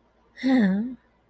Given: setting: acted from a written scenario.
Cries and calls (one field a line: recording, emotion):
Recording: vocal sound without words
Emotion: disappointment